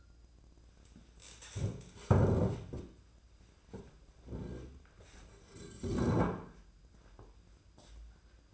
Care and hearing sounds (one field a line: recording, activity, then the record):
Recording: daily activity, microphone in the room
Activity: stand up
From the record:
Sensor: 2